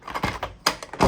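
After several tries, the plastic stop-start gate on an old 2011 Shake 'N Go! World Grand Prix Cars 2 Double Oval toy race track set, expected not to work well because of its age, is pushed into place. A series of light plastic clicks and taps is heard, with a sharp click at 0.7 s as the gate snaps into place and is seated.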